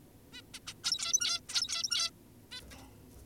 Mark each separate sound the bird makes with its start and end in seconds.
0.33-0.42, 0.54-0.60, 0.67-0.74, 0.84-1.40, 1.48-2.10, 2.52-2.61